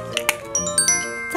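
The plastic lid of a pressed-flower keychain is pressed closed over the paper insert onto the keychain frame while bell-like music plays. A sharp snap is heard at 0.3 s as the lid clicks shut and seats on the frame.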